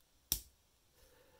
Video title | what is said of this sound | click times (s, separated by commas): Leatherman Juice C2 multitool - hands on review | did you see it just clicks into place there we go as it's protruding out and it | 0.3 s